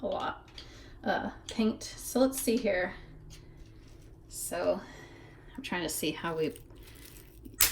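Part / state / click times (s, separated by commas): plastic toy part into a doll or figure body / seated / 7.6 s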